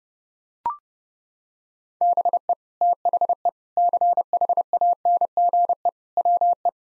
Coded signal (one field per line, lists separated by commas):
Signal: Morse code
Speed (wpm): 30 wpm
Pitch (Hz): 700 Hz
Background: none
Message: BE THE CHANGE WE